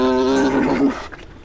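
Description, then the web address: Alpaca male mating call, a single loud drawn-out groaning note lasting under a second, then a short fading tail. Male alpaca giving a mating call. "Sound Effects-Foundation 1 ANIMAL ALPACA MALE MATING CALL"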